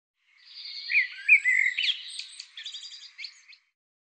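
Bird song: one continuous phrase, slurred whistles at first, then rapid buzzy, rattling notes, lasting about three seconds.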